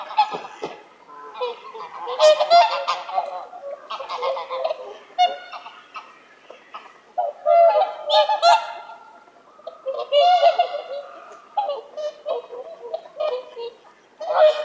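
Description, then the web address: Whooper swans calling, loud honking and bugling notes from several birds overlapping in irregular bursts, with brief quieter gaps between flurries. "Sangsvane"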